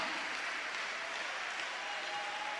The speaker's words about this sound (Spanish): ¿Cuántos alaban al Señor? Batan sus manos, démosle un aplauso al Señor en esta noche.